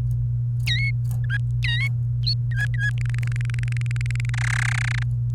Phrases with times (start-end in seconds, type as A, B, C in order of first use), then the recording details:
0.67-0.91 A, 1.24-1.38 B, 1.64-1.88 A, 2.51-2.90 B, 2.98-4.30 C, 4.34-5.03 D. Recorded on 28 April 2018 at 17:28. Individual llb3